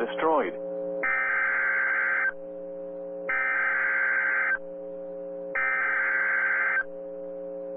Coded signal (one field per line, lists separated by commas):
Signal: Emergency Alert System (SAME) tones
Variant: header bursts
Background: speech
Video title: EAS Timeline: Historic EF-4 Wedge Tornado Strikes Winterset, Iowa NOAA Weather Radio